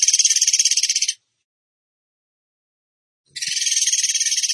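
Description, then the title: Bird song in rapid buzzy trills, two bursts of fast repeated high notes separated by a quiet pause. Training recording (masteran) of a bird singing in the tembakan gacor style. "Masteran Burung Tembakan Gacor"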